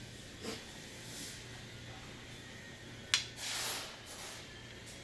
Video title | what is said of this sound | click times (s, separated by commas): Case inspection Joe Molligi. 8-8-18 | you hear that click that click is is the snapping back but I mean it's that's part of the case because it's got the foam rubber at the top but | 3.1 s